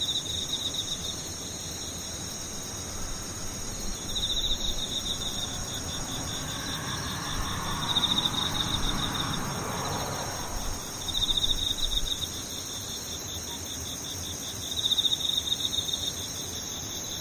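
Insects trill in steady high pulsing bands, swelling in louder bursts near 8, 11 and 15 seconds over a soft rushing background hiss.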